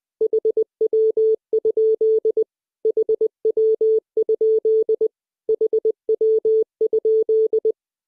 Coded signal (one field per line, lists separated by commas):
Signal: Morse code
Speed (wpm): 20 wpm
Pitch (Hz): 440 Hz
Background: music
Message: HW? HW? HW?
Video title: 【シン・モールス講座】1-10 HW? (How?)